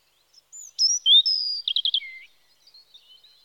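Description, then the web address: European robin song phrase of clear high whistles, a quick rattled series of four notes, and a falling closing note, with a faint trailing twitter afterwards. Spring. "BBC Sound Effects Library (Birds) Robin (Erithacus Rubecula) Spring"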